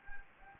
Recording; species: mosquito wingbeat signal from an infrared sensor; Anopheles gambiae